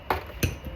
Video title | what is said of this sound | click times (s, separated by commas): Center Diff lube change Arrma Outcast 4s, what broke, tips and repair. (Detailed) #rc #rccars | perfect I heard it click in | 0.1 s, 0.4 s